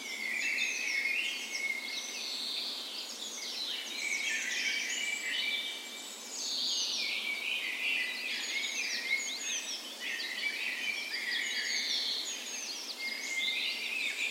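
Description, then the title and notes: Birds: dense dawn chorus of quick warbles and trills from many singers, with a short lull midway. Dawn chorus on the morning of 17 May, Norway's National Day, in a park west in Bergen, Norway, in spring; Sony PCM A10 recorder with LOM micro Usi mics as tree ears. "17th Of May Dawn Chorus. Recorded on the morning of Norways National Day the 17th of May in a park west in Bergen. Spring is in full effect, and the dawn chorus sounds wonderful!"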